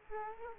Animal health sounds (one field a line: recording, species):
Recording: mosquito wingbeat signal from an infrared sensor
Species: Aedes aegypti